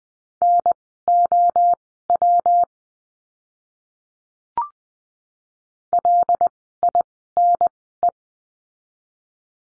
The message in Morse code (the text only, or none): NOW LINE